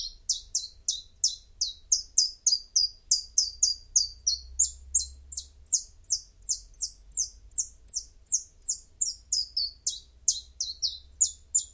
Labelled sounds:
Common Chiffchaff song

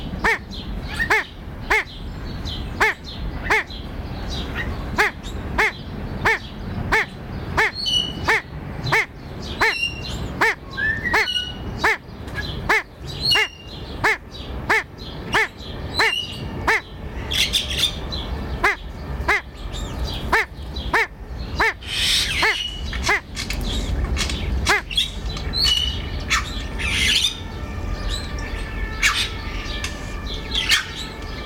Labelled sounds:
Crested Myna

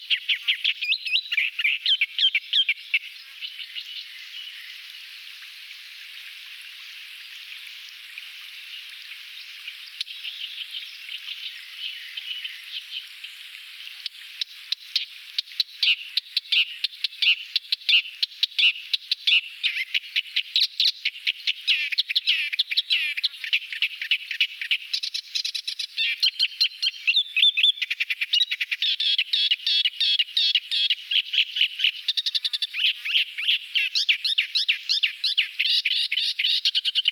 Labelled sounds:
Thick-billed Warbler song

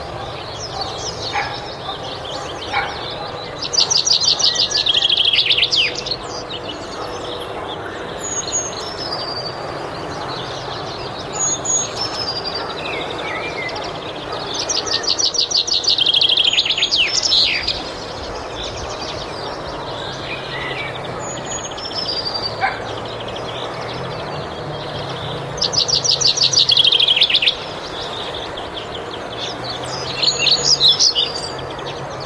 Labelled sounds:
European Pied Flycatcher song

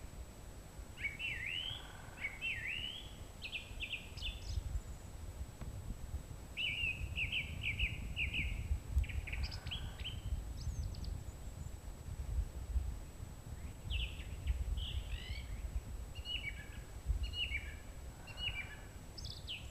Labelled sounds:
Song Thrush song

